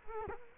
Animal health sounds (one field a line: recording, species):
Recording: mosquito wingbeat signal from an infrared sensor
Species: Culex quinquefasciatus